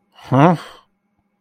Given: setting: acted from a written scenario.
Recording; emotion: vocal sound without words; confusion